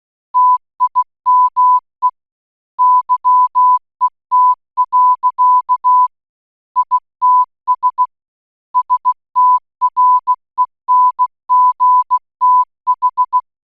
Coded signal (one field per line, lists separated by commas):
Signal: Morse code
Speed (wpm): 16 wpm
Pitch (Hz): 1000 Hz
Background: none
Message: TIME YET. ITS STRENGTH